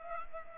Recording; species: mosquito wingbeat signal from an infrared sensor; Culex pipiens